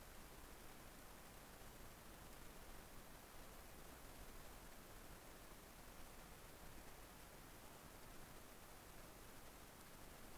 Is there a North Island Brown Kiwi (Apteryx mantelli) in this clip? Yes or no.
no